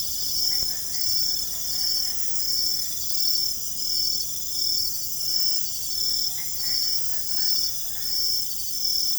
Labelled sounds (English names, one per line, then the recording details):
none
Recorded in secondary vegetation near Puerto Asís, Putumayo, Colombia, on 21 December 2024 at 21:30
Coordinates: 0.468, -76.324
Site G095